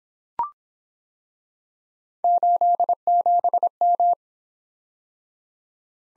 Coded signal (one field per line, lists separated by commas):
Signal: Morse code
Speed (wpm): 26 wpm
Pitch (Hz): 700 Hz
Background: none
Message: 87M